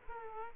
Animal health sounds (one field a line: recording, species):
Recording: mosquito wingbeat signal from an infrared sensor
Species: Culex quinquefasciatus